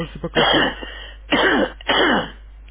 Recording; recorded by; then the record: voluntary cough; telephone call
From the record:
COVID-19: positive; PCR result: checked with the laboratory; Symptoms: yes